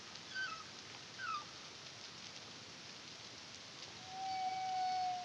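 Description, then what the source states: Humpback whale song: two brief chirps, then a long, level whistled tone held for more than a second, amid steady hiss. Song recorded by the CARIMAM project in the Caribbean in 2023.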